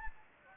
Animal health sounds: mosquito wingbeat signal from an infrared sensor; Anopheles gambiae

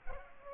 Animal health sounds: mosquito wingbeat signal from an infrared sensor; Culex pipiens

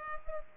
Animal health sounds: mosquito wingbeat signal from an infrared sensor; Culex pipiens

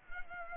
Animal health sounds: mosquito wingbeat signal from an infrared sensor; Culex pipiens

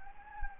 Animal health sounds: mosquito wingbeat signal from an infrared sensor; Anopheles gambiae

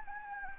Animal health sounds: mosquito wingbeat signal from an infrared sensor; Anopheles gambiae

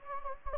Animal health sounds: mosquito wingbeat signal from an infrared sensor; Anopheles gambiae

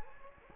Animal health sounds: mosquito wingbeat signal from an infrared sensor; Anopheles gambiae

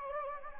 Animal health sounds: mosquito wingbeat signal from an infrared sensor; Anopheles gambiae

